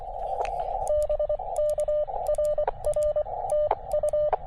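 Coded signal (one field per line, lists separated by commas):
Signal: Morse code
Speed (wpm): 24 wpm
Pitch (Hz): 600 Hz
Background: radio noise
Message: BK RR TU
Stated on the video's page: POTA/SOTA CW activation with a KX2 and 17-foot vertical; short pile-ups on 20m, then 15m contacts including England.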